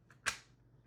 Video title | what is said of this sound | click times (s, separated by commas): Upgrading My Proxmox Server RAM Was Easier Than I Thought! | make sure it clips in, take your front panel, put it on so it's almost | 0.1 s, 0.3 s